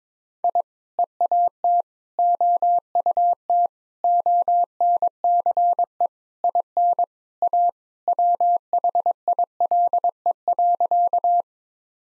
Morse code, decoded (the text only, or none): I EAT OUT ONCE IN A WHILE.